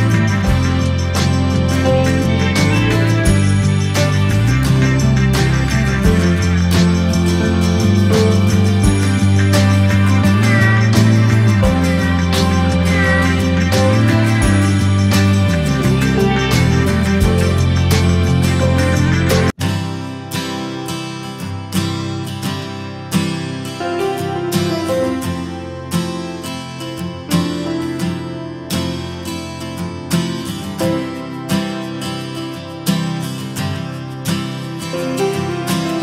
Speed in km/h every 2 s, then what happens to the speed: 0, 0, 0, 0, 0, 0, 0, 0, 0, 13, 20, 29, 33, 37, 40, 42, 40, 41.
0-17 standing. 17-30 pulls away to 42. 30-36 steady at about 41.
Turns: none.